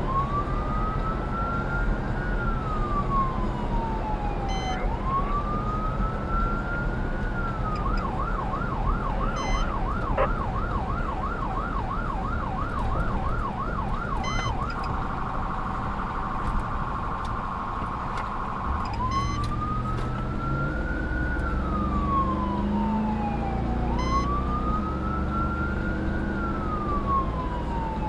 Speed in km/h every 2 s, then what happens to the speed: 100, 101, 97, 95, 92, 89, 72, 52, 29, 29, 45, 58, 77, 74.
0-16 brakes to 29. 18-28 speeds up to 74.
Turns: 17-19.